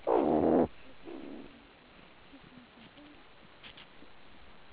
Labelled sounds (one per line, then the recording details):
meerkat aggression call
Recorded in the Kuruman River Reserve, South Africa
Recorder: an audio tag on a meerkat's collar